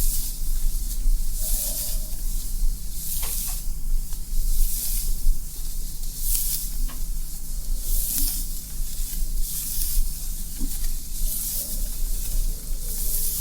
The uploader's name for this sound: hair play, scalp massage, brushing + whispering